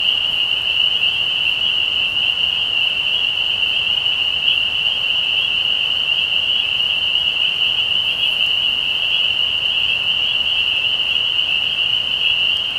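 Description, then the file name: Spring peepers calling in a dense chorus, countless high piping peeps merging into a steady shrill ringing that holds unbroken throughout. Recorded 15 May 2020. "peepers-20200515"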